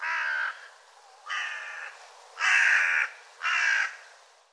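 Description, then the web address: Bird giving four harsh, raspy caws, each under a second long, spaced roughly one second apart, with quiet gaps between. "cianscape birddata Deverinetal 2025"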